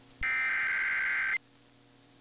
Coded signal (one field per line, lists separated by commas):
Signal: Emergency Alert System (SAME) tones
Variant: header bursts